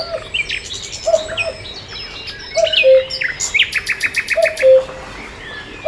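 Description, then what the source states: Common cuckoo calling its two-note falling cuckoo a few times, with other birds chirping and trilling higher up. At a lake.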